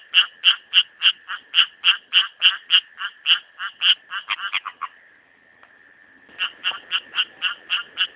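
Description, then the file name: Rocket frog calling in a fast, regular series of short raspy pulses, about three per second, pausing for about a second and a half before resuming the same rapid rhythm. "litoria nasuta"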